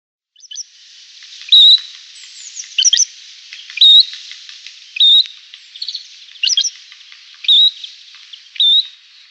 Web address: Schulze Peter Great Grey Shrike song